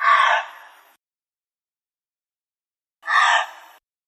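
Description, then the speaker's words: Gray fox call: two harsh, raspy screeches, each under a second and fading at the end, separated by about two seconds of silence. Played back as a recorded example. "Let's listen to the call of the gray fox next."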